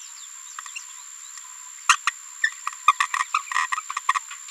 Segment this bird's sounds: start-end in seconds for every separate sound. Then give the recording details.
1.89-1.96, 2.07-2.10, 2.44-2.49, 2.88-2.92, 3.00-3.06, 3.34-3.39. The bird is a female. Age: 27 days. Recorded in a nest box in Venezuela. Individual 17B73B2